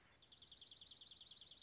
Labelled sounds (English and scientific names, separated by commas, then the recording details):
Dark-eyed Junco (Junco hyemalis)
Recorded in Sonoma County, California